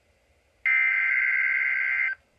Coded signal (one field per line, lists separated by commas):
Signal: Emergency Alert System (SAME) tones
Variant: header bursts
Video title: EAS Alert #13 (Severe Thunderstorm Warning #8) 5/21/18